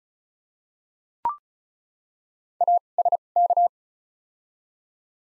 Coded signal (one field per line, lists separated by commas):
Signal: Morse code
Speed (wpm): 36 wpm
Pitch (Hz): 700 Hz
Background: none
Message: A S K